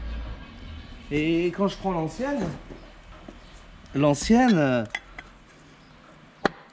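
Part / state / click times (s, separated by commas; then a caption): old clutch release fork onto clutch release bearing / seated / 6.5 s. Someone talks while the old metal clutch release fork from a 1.6 HDi PSA Peugeot/Citroën Berlingo is fitted onto the clutch release bearing, for comparison. A sharp click at 6.5 s marks the fork snapping into its clip, and it is confirmed clipped in place.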